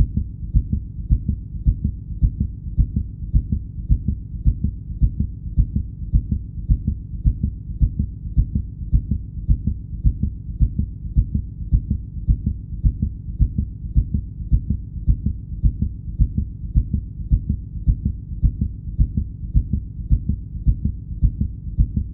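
Steady, rapid, low thumping heartbeat at about 107 beats a minute, with a very regular rhythm throughout. The fast rate fits a quickened heartbeat.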